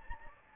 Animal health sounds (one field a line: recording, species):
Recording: mosquito wingbeat signal from an infrared sensor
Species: Anopheles gambiae